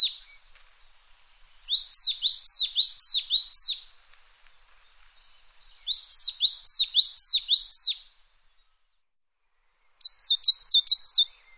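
Bird gives three bursts of bright, descending whistled notes, about five per phrase, spaced by pauses of roughly two seconds.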